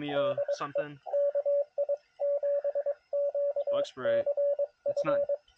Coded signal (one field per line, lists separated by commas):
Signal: Morse code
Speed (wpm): 23 wpm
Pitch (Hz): 560 Hz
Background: speech, radio noise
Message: DE KI7QCF